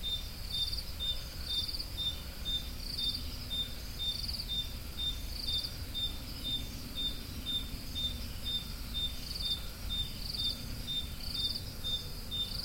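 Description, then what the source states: Steady high cricket chirping, about two per second, interleaved with short stuttering pulsed calls from another cricket, over low background noise. Crickets, more than one, recorded at Roodekopjes.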